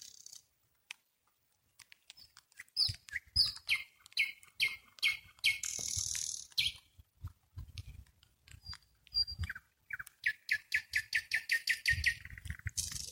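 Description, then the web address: Nightingale giving a dense stream of clicking and rattling notes, a harsh buzz, thin whistles and a fast repeated trill. "spiew slowika slowik wiejski"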